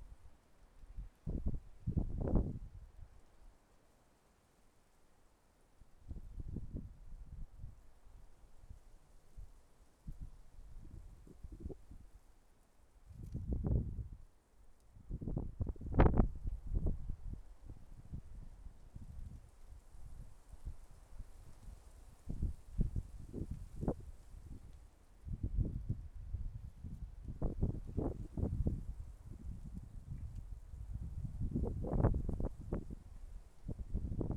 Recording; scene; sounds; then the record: everyday scene through a hearing-aid microphone; wind on the microphone; wind, traffic, birds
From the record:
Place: suburban garden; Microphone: behind the ear, left, rear